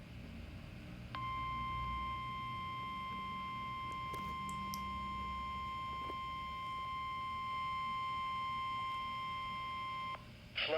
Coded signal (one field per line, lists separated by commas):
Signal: Emergency Alert System (SAME) tones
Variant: 1050 Hz attention tone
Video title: River Flood Warning EAS #58